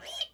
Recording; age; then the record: pig call; piglet (1 to 25 days)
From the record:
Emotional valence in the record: negative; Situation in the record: castration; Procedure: castration, cut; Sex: male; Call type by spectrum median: high-frequency call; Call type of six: high-frequency stable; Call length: 0.34 s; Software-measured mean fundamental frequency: 156 Hz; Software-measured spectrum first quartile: 2298 Hz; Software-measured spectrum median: 3122 Hz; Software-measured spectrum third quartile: 3476 Hz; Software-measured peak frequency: 3165 Hz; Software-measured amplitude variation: 185 dB a second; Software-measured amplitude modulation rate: 13.2 a second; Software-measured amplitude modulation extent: 14.0 dB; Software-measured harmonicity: 8.9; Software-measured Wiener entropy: -2.31